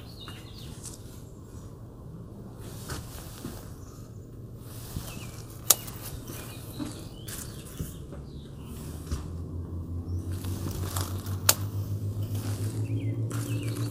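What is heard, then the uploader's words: Grape leaves are picked in a patio garden, with repeated bursts of crisp leafy rustling every second or two over a steady low hum. Sharp snaps ring out near six and eleven seconds, and the low hum grows louder after nine seconds. Harvesting Grape Leaves from Our Patio Garden.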